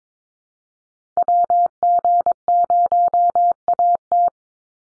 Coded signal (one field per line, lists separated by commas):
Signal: Morse code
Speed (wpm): 22 wpm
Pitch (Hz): 700 Hz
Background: none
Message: WG0AT